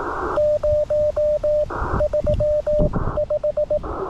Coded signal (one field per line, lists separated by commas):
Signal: Morse code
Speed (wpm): 18 wpm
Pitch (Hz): 600 Hz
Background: radio noise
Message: 0 35